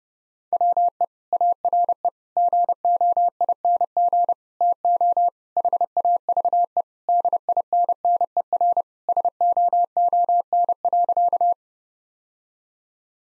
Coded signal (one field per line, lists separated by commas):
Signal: Morse code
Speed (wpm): 30 wpm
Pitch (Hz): 700 Hz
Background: none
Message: WE ARE GOING TO HAVE DINNER SOON.